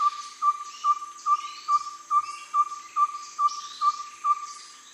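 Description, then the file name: Ferruginous pygmy owl giving steady, mellow single toots about twice each second, some eleven in all, over faint twittering from other birds. "Ferruginous Pygmy Owl Glaucidium brasilianum"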